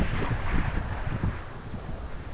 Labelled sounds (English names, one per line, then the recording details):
none
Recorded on Arctic tundra, site UTQI-5, on 12 June 2019
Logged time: 08:00